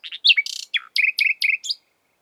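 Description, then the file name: Common nightingale singing a short phrase: chirps and a buzzy burst followed by three evenly repeated sharp notes and a brief final note. "Luscinia megarhynchos"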